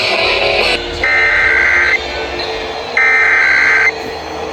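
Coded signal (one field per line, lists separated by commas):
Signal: Emergency Alert System (SAME) tones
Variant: header bursts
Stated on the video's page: Statewide required monthly test, relayed at different times.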